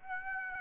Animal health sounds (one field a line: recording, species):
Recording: mosquito wingbeat signal from an infrared sensor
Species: Aedes aegypti